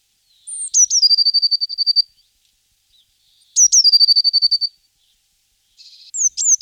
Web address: Voegel Blaumeise